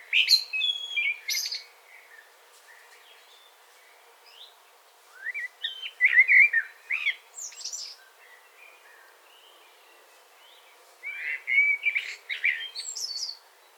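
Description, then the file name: Eurasian blackbird singing short warbled phrases mixing mellow slurred notes and high squeaky flourishes, separated by pauses of a few seconds. "Turdus merula"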